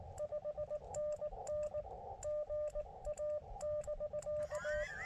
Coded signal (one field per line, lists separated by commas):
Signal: Morse code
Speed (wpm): 19 wpm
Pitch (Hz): 600 Hz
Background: speech, radio noise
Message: 5NN GA <BK>